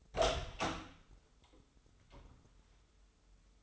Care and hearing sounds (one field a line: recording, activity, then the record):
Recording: daily activity, microphone in the room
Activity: open door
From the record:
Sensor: 3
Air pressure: 996.1 hPa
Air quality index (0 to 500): 41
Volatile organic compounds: 1 ppm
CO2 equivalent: 776 ppm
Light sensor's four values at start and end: 14/33/14/14 and 14/34/14/15